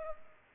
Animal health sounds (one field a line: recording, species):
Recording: mosquito wingbeat signal from an infrared sensor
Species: Culex pipiens